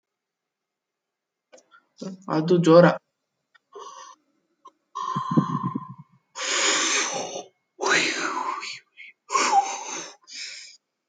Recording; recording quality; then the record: deep breathing; excellent, no background noise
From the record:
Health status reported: COVID-19 positive, moderate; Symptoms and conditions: cold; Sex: female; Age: 50 years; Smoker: not ticked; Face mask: not worn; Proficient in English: yes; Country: France